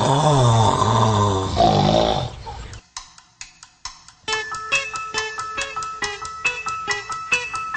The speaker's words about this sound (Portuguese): Não é possível. Ele consegue roncar no meio de uma frase.